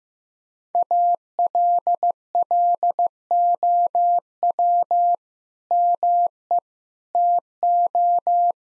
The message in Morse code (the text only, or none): ALLOW ME TO